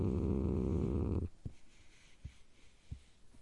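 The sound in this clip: Domestic cat growl: a low, rough rumble for just over a second, then stops, followed by a few soft thumps in near silence.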